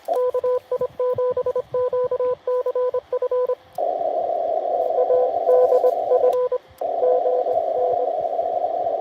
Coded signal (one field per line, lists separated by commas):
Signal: Morse code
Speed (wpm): 26 wpm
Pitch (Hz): 500 Hz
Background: radio noise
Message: KI7QCF ADF GN